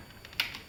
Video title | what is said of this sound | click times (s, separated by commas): comment réparer une télé problème infrarouge | voilà on entendu le petit claque voilà | 0.4 s